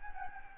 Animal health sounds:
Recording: mosquito wingbeat signal from an infrared sensor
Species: Anopheles gambiae

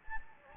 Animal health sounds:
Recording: mosquito wingbeat signal from an infrared sensor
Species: Anopheles gambiae

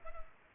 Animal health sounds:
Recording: mosquito wingbeat signal from an infrared sensor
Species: Culex pipiens

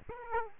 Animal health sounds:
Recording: mosquito wingbeat signal from an infrared sensor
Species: Aedes aegypti

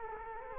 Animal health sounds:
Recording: mosquito wingbeat signal from an infrared sensor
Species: Culex quinquefasciatus

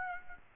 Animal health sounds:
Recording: mosquito wingbeat signal from an infrared sensor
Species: Aedes aegypti

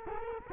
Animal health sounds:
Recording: mosquito wingbeat signal from an infrared sensor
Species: Culex quinquefasciatus

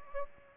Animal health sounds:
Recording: mosquito wingbeat signal from an infrared sensor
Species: Aedes aegypti

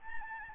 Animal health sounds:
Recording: mosquito wingbeat signal from an infrared sensor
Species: Aedes albopictus

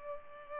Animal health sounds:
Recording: mosquito wingbeat signal from an infrared sensor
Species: Culex pipiens

